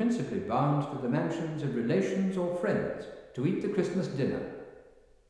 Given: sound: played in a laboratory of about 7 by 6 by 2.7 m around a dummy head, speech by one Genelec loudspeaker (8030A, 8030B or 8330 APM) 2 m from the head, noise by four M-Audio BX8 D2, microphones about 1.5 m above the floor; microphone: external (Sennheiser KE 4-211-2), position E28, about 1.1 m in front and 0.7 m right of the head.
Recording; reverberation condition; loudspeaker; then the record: male speech in English; high; in front (0 degrees)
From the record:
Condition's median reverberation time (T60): about 1300 ms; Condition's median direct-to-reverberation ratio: about -4.0 dB